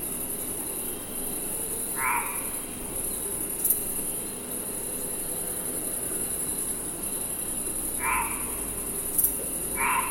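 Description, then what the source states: Insects keep up a constant high whine, while separate short chirps sound a few times against a low background hiss. Insects at night.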